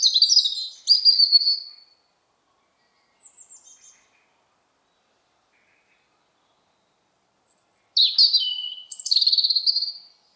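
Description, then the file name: European robin song: high, thin whistled phrases ending in trills, separated by long silent pauses, then a rapid burst of shrill, twittering notes. "Erithacus rubecula"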